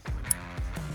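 A plastic light harness connector for the right-hand front door handle of a GMC Sierra / Silverado is pushed into its mating connector on the truck's wiring harness. A short, sharp, bright click at 0.3 s confirms the connector has seated. Low-pitched handling noise runs under the click and someone talks.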